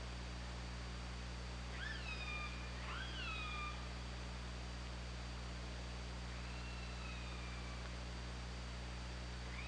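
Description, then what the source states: Orca calls: several rising then falling harmonic whistled tones around two seconds and three seconds, then a long, flatter, slowly bending call later, over steady low underwater hum. Recorded on an OrcaLab hydrophone, 24 August 2017, 22:54.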